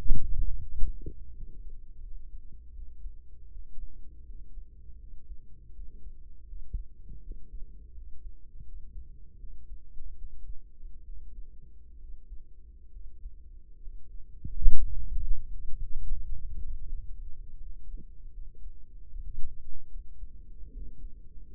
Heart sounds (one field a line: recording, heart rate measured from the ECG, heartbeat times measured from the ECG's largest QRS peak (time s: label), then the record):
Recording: heart sounds by microphone in the right ear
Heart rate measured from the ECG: 78 bpm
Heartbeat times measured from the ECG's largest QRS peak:
0.62 s: heartbeat
1.32 s: heartbeat
2.00 s: heartbeat
2.72 s: heartbeat
3.49 s: heartbeat
4.24 s: heartbeat
4.97 s: heartbeat
5.72 s: heartbeat
6.45 s: heartbeat
7.20 s: heartbeat
7.92 s: heartbeat
8.63 s: heartbeat
9.37 s: heartbeat
10.14 s: heartbeat
11.03 s: heartbeat
11.97 s: heartbeat
12.90 s: heartbeat
13.79 s: heartbeat
14.64 s: heartbeat
15.45 s: heartbeat
16.21 s: heartbeat
16.91 s: heartbeat
17.59 s: heartbeat
18.31 s: heartbeat
19.09 s: heartbeat
19.89 s: heartbeat
20.70 s: heartbeat
21.49 s: heartbeat
From the record:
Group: healthy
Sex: male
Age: 35 years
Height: 178 cm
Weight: 64 kg